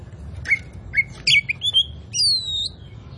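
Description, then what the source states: Oriental magpie-robin song: a few short whistled notes, then a long, high, slightly falling whistle. Kacer poci type; gacor, meaning singing vigorously and constantly.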